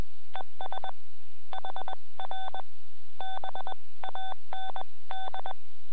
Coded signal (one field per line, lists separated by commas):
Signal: Morse code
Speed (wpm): 21 wpm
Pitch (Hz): 3500 Hz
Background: none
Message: ES HR BAND